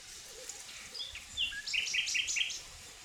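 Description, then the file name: Common nightingale song phrase: scattered thin whistles, then a fast run of several repeated notes, over a low rumbling background. "Luscinia megarhynchos"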